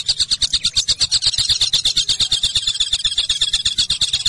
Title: kicau gelatik